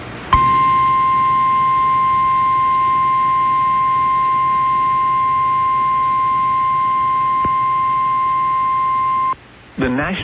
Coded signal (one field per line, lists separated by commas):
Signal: Emergency Alert System (SAME) tones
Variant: 1050 Hz attention tone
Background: speech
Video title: Mississippi and Louisiana still want some... | EAS Alerts from 11/24/2022 (EAS #2007-2029)